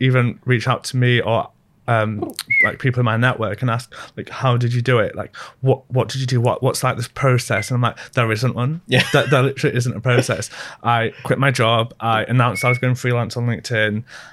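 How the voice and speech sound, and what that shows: An adult man speaks fluently and casually, with only ordinary everyday word repeats; no speech disorder is heard.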